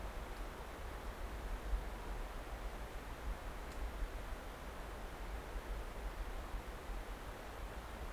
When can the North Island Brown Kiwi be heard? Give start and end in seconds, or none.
none